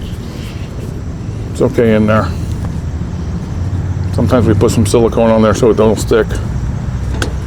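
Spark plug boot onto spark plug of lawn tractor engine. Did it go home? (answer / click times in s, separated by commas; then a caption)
yes / 7.2 s. A spark plug wire boot is pushed back onto the new spark plug of a John Deere D105 lawn tractor engine while someone talks over a steady low hum. A sharp click at 7.2 s marks the boot seating firmly on the plug.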